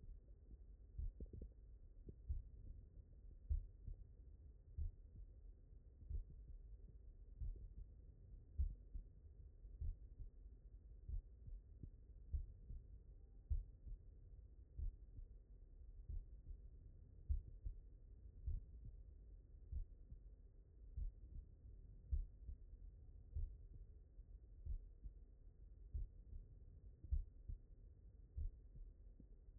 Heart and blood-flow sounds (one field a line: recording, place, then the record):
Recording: heart sounds by stethoscope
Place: mitral valve (MV)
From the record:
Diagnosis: non-HFrEF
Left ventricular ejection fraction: 65%